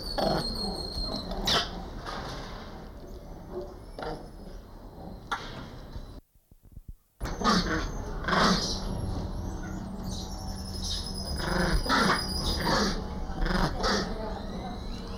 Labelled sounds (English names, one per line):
Crab-eating Macaque call